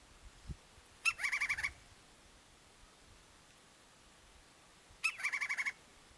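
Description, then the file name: Woodpecker call repeated twice, each time a sharp note leading into a quick string of about six harsh, buzzy notes, separated by roughly three seconds of quiet. "canto do pica pau"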